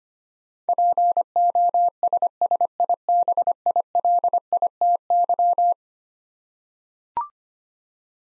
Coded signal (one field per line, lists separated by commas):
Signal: Morse code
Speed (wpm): 25 wpm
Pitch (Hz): 700 Hz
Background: none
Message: POSSIBILITY